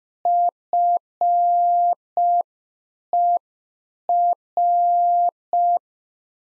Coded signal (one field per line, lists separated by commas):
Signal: Morse code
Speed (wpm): 5 wpm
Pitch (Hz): 700 Hz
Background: none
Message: FER